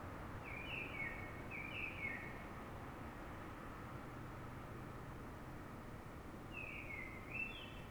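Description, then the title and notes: Common blackbird singing: a pair of quick warbled phrases early on, a long pause, then more warbling at the end, all against constant low-pitched background hum. City blackbird singing before dawn in Fuenlabrada, Madrid, Spain, so other blackbirds can hear it before human noise begins; described as a call (reclamo); recorded with a Zoom H1n recorder. "Pl. de Francisco Escolar, 10, 28944 Fuenlabrada, Madrid, España - Sonido Reclamo de Mirlo. Mirlo cantando, es un sonido de reclamo"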